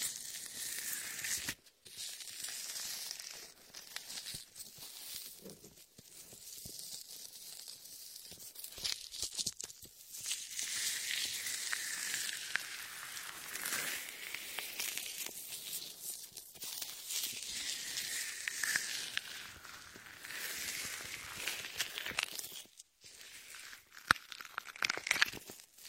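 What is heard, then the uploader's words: A latex-gloved ear massage with shaving foam: a continuous wet crackling and squishing, bright and hissy, with rubbing strokes that swell and fade in slow waves. Brief gaps break the sound near 2, 10 and 23 seconds, and sharper squeaky pops appear near the end. Latex ear massage with shaving foam for comfort.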